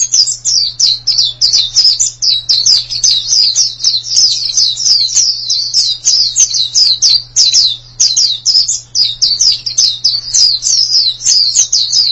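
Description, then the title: Extended white-eye song: dense, rapid, high-pitched twittering of slurred whistles that barely pauses, with a steady faint hum in the background. "Kicauan Burung Pleci Durasi Panjang"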